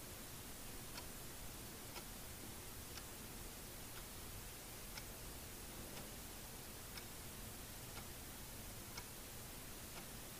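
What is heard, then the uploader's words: A clock ticks steadily, about once a second, each tick a small, faint click. A constant heavy hiss fills the whole recording and nearly buries the ticks, as if recorded with a noisy microphone. Clock Ticking ASMR (Soothing and Methodic, No Talking).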